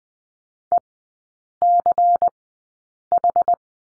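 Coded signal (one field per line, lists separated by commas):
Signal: Morse code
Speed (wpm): 20 wpm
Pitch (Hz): 700 Hz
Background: none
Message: ECH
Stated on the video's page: Morse code course lesson drilling the letter W in three-character groups at Farnsworth 20/10 wpm.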